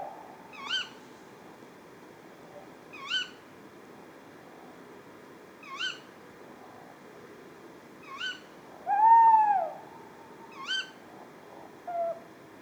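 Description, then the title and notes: Tawny owl's short kewick calls repeat roughly every two and a half seconds, broken once by a louder, curved hoot; soft hiss throughout. A pair calling at 4:30 am on 20 February 2020 at Etang de Beaumont pond, Drôme; recorded in stereo with Nagra Seven and Telinga Pro7 parabola, with live commentary. "Une chouette nuit. 20 février 2020-4h30-Etang de Beaumont - Drôme. ECOUTEZ NATURE. un couple de Chouette hulotte (Strix aluco)"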